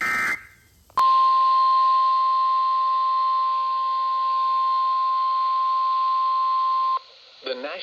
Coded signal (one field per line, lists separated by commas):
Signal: Emergency Alert System (SAME) tones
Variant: 1050 Hz attention tone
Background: speech